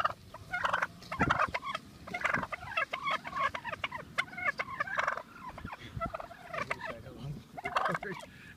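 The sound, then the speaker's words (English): Birds following people call over and over in rapid gobbling bursts, a warbling chorus of turkey-like calls rising and falling in clusters throughout, fairly loud with no talking; they stop when the people stop. “The funny thing is, they stop when we stop.”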